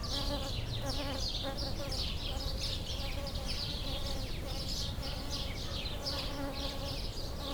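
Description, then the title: Bumblebee humming softly and steadily. Bumblebees approaching flowering lavender, recorded with a pair of microphones placed in the lavender plant. "Abejorros En Flor"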